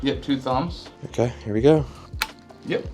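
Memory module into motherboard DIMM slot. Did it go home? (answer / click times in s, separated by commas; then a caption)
no / none. A memory stick is being pressed down with two thumbs into the second and fourth DIMM slots of a motherboard, a part that takes a hard push. Someone talks throughout the clip. The stick has not seated or clicked yet, and the retention latches have not snapped.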